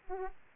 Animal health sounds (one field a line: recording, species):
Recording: mosquito wingbeat signal from an infrared sensor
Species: Aedes aegypti